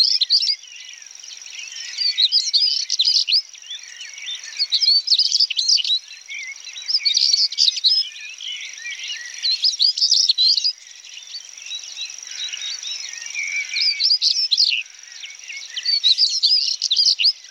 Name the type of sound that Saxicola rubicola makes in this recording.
song